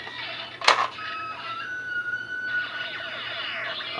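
A lever is pulled on a plastic Samurai Mega Blade toy sword, releasing its spring-loaded blade from the hilt into fighting mode. A sharp pop sounds at 0.7 s over steady electronic, music-like tones that continue to the end. The blade releases as intended.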